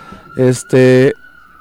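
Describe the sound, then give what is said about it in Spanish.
An ambulance siren holds a steady high wail, dipping slightly lower as it passes, while two loud, buzzy harmonic bursts briefly rise over it. “Ahí va una ambulancia, por si la escucharon.”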